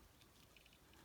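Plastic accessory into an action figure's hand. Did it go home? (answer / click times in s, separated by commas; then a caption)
no / none. A plastic accessory is handled and pushed toward the opened hand of a plastic action figure, giving soft faint rustling with small ticks around 0.6 s and 0.7 s. Nothing has seated or clicked into place yet.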